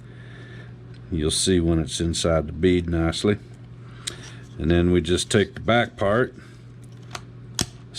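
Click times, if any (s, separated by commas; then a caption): 7.6 s. Someone talks while the plastic back piece of a paddle tire attachment is pushed through onto a 1/10 scale RC beadlock wheel, with a few small knocks from handling the parts. It snaps into place with a sharp click at 7.6 s, seating the back part.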